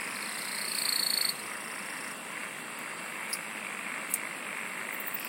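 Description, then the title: Insects singing: a rapid pulsed high trill for about a second, with a thin steady tone beneath, over a constant shrill insect drone and a broad hiss. "SINGING OF INSECTS"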